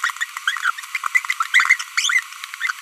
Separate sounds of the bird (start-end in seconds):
0.04-0.10, 0.21-0.24, 0.95-0.97, 1.15-1.19, 1.54-1.75, 1.80-1.82, 1.97-2.20, 2.62-2.71